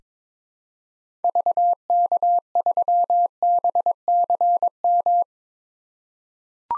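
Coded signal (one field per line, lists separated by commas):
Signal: Morse code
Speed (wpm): 22 wpm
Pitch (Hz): 700 Hz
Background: none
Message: VK3BCM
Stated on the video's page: Morse drill of common SOTA activator call signs at 22 wpm for head-copy practice.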